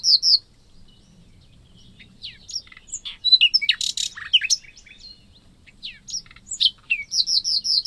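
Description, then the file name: Common nightingale song: varied chattering and whistled phrases tumbling together, a dense burst in the middle, then a string of clear repeated notes to finish. "Luscinia megarhynchos"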